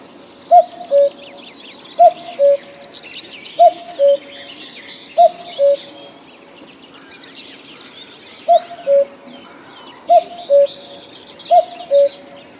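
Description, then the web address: Common cuckoo calling: seven clear two-note cu-coo calls, each higher then lower, about every one and a half seconds, with a short pause. Other small birds chirp faintly behind. "kukucka cuckoo"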